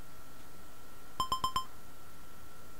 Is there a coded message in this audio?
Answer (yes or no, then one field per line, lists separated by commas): no